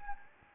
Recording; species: mosquito wingbeat signal from an infrared sensor; Anopheles gambiae